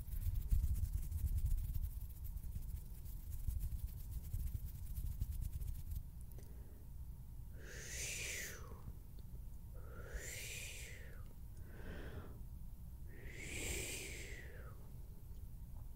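Hand sounds over a low, steady rumble. The first six seconds hold a dense, fine rustle; then four bright swishing strokes arrive about every two seconds, near 8, 10, 12 and 14 seconds, each rising and falling, with a faint steady tone underneath.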